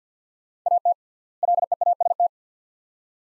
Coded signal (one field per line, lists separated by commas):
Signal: Morse code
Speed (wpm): 50 wpm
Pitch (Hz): 700 Hz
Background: none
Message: AT LEAST